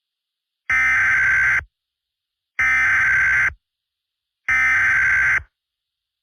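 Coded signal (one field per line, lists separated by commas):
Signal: Emergency Alert System (SAME) tones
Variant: header bursts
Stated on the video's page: Mock EAS tornado warning, not a real alert.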